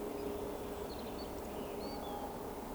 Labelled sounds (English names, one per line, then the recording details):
Eurasian Woodcock
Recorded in Baden-Württemberg, Germany, on 16 June 2020 at 19:39 UTC
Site 14569, 102 m above sea level